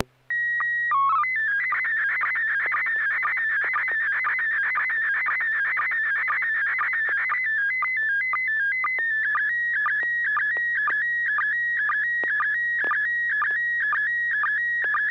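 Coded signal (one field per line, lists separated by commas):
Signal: SSTV (slow-scan television)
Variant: PD 120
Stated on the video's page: SSTV images exchanged on a weekly amateur net via an FM repeater on 441.300 MHz in Sacramento, sent with MMSSTV software.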